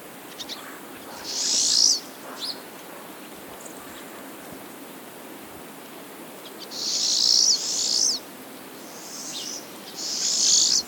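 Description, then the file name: Pine siskin calls: high, harsh buzzy notes, one early and several later, with soft high chips scattered between. "Carduelis pinus - Pine Siskin"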